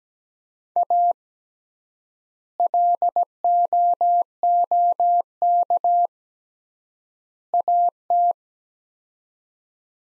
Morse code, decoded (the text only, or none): A LOOK AT